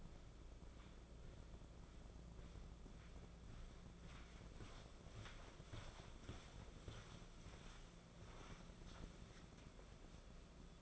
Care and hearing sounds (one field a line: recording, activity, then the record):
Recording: daily activity, microphone in the room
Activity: walk to room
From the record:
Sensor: 5